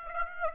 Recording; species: mosquito wingbeat signal from an infrared sensor; Aedes aegypti